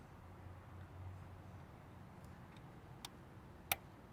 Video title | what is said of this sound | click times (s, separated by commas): How to install upgraded high pressure fuel pump Elantra N HPFP | Nice click, that's what you want. | 3.7 s